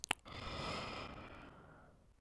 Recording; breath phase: one breath near a microphone; exhalation